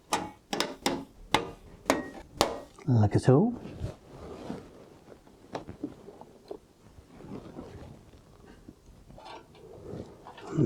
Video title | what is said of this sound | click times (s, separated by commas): 600 dollar BUDGET GAMING PC build in 2024 - Ryzen 5 2600X - RTX 2060 - Gigabyte B550M DS3H rev 1.3 | so the io shield and these are sometimes a little bit fiddly supposed to click into place | 0.1 s, 0.6 s, 0.9 s, 1.3 s, 1.9 s, 2.4 s